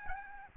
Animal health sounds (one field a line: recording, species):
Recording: mosquito wingbeat signal from an infrared sensor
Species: Aedes albopictus